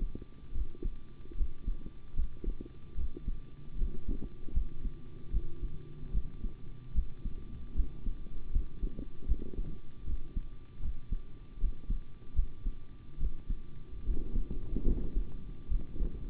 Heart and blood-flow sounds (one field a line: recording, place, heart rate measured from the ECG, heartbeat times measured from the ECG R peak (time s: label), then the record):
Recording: heart sounds by stethoscope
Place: between the tricuspid and mitral areas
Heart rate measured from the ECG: 75 bpm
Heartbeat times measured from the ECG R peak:
0.52 s: heartbeat
1.35 s: heartbeat
2.14 s: heartbeat
2.95 s: heartbeat
3.76 s: heartbeat
4.52 s: heartbeat
5.31 s: heartbeat
6.12 s: heartbeat
6.93 s: heartbeat
7.74 s: heartbeat
8.51 s: heartbeat
9.26 s: heartbeat
10.05 s: heartbeat
10.80 s: heartbeat
11.58 s: heartbeat
12.34 s: heartbeat
13.18 s: heartbeat
14.03 s: heartbeat
14.84 s: heartbeat
15.69 s: heartbeat
From the record:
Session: rest, sitting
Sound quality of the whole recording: good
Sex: male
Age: 25 years